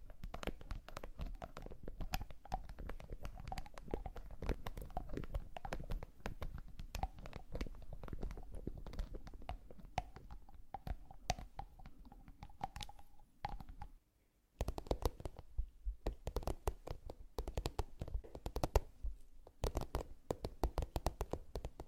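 Makeup triggers: a dense, steady run of small taps, clicks and crackles with little pause between them. Around the midpoint a faint high tone rides under the tapping, then the sound drops to near silence for a moment before sharper, brighter taps resume.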